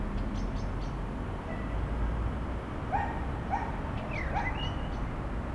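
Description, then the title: Common blackbird song, short whistled phrases and squeaky high twitters, over a steady low rumble of road traffic. One town blackbird singing in cold weather amid urban traffic noise at the town hall square, Aix-les-Bains, France. "Sq. Hôtel de ville, Aix-les-Bains, France - Merles des villes"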